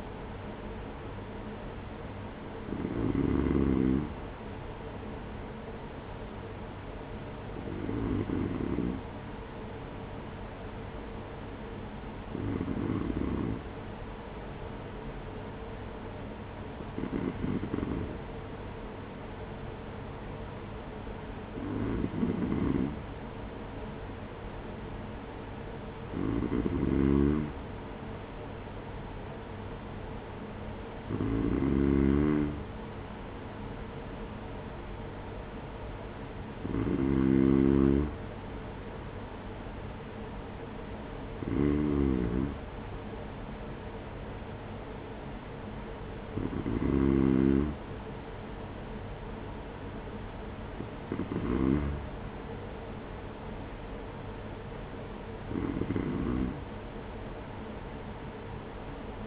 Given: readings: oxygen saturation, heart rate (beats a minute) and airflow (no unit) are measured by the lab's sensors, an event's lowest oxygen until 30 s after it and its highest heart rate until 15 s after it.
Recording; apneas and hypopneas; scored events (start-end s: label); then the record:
breathing in sleep by a voice recorder at the bedside; none
1.00-59.27 s: new sleep stage, N3 (deep sleep)
From the record:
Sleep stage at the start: N2 (light sleep); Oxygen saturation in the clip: 93 to 94%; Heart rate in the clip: 47 to 50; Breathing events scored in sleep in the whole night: 210 in 6.9 hours asleep